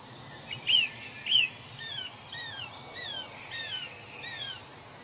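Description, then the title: Birds singing, two loud ringing downslurred whistles, then a softer series of descending whistled notes over steady hiss. Birds singing in a forest, presented as soothing nature sleep sounds. "Forest and Nature Sleep Sounds - Soothing Birds Singing"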